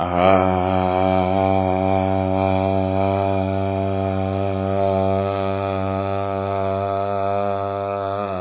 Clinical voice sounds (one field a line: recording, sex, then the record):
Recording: sustained vowel /a/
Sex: male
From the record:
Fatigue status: no fatigue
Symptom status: symptomatic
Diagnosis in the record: COVID-19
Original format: 3gp